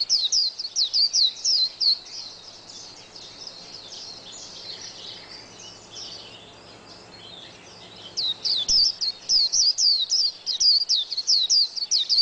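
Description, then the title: White-eye song: a fast run of high twittering notes, then several seconds of quiet background hiss, then another lively twittering phrase. "Pleci"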